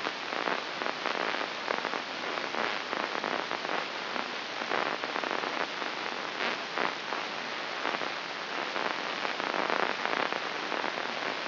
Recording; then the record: brain microelectrode recording played as sound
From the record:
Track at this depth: inside the subthalamic nucleus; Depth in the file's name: 5.911 mm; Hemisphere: left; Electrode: 3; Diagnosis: Parkinson's disease